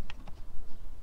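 On a Renault Clio 1.4 K7J whose throttle was sticking and is having its throttle body cleaned, the throttle cable ball joint is handled at the throttle body lever. Two short light ticks are heard at 0.1 s and 0.3 s over a low background rumble. Nothing has seated or clicked yet.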